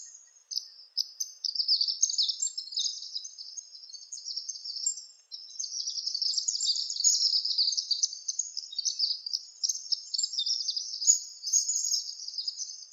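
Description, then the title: Palm tanager calling in rapid, shrill, buzzy chirps that run almost without a break, pausing briefly around five seconds. "Sanhaçu-do-coqueiro (Tangara palmarum)"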